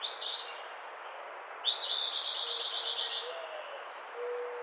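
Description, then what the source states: Eastern Phoebe singing two raspy phrases, the second longer and buzzy, with faint low humming tones underneath. Recorded 11 April 2009.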